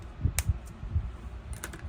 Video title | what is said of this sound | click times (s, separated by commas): Bonus Video Markers and Whimsical Creations | You hear that click? | 0.4 s